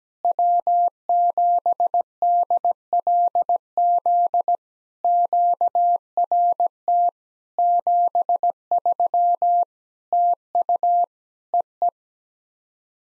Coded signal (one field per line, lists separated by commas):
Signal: Morse code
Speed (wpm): 17 wpm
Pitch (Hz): 700 Hz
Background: none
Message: W7DLZ QRT 73 TU EE